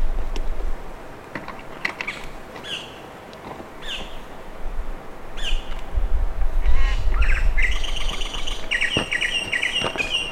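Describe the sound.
Bird calls, short chirps and squawky notes scattered at first, then a dense busy run of repeated chirps near the end, with low rumbling noise underneath.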